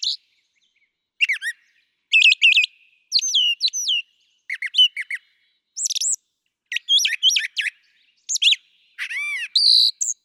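Brown thrasher song: varied phrases, many given in pairs, mixing sharp notes, slurred whistles and harsh buzzy bits, separated by short pauses; no other sounds.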